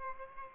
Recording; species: mosquito wingbeat signal from an infrared sensor; Aedes albopictus